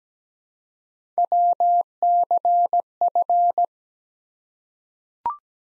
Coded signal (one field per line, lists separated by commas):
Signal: Morse code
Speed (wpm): 17 wpm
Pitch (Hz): 700 Hz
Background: none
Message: WCF